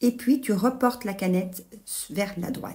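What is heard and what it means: A plastic bobbin is handled on a sewing machine's bobbin-winder spindle while someone talks. Nothing has clicked or seated yet; the bobbin has not been pushed to the right into winding position.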